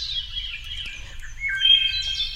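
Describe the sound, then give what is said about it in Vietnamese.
A nightingale sings in a continuous run of bright, warbling high notes that rise and fall, with a steady low rumble underneath and no voices. “tinh thần vui vẻ sảng khoái khi nghe tiếng hót của họa mi”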